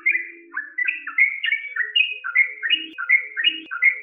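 Bird song of quick whistled and warbled notes in a steady run, each brief phrase sliding up and down, with soft lower chirps in the background.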